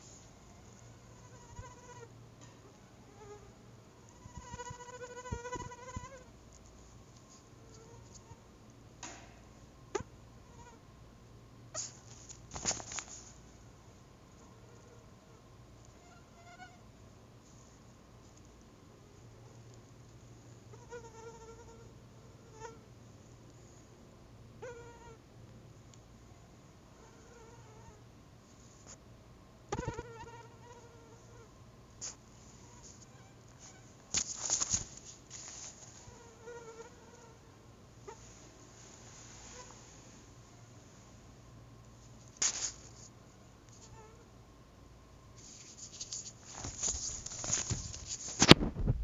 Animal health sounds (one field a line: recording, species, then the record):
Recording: mosquito flight sound by mobile phone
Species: Anopheles albimanus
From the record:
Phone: Google Nexus